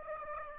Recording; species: mosquito wingbeat signal from an infrared sensor; Aedes aegypti